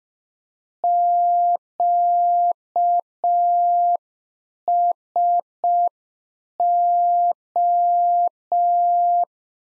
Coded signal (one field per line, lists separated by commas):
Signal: Morse code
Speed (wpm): 5 wpm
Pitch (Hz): 700 Hz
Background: none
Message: QSO